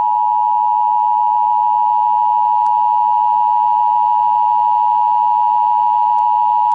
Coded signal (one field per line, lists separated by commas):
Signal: Emergency Alert System (SAME) tones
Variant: 853 and 960 Hz attention tone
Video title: Central Kids TV EAS Scenario - The Black Hole